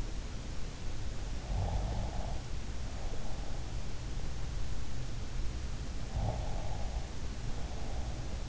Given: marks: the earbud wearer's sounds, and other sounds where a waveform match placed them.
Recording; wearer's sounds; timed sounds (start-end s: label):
sounds in sleep by an in-ear microphone; breath
1.58-4.16 s: breath
6.21-8.49 s: breath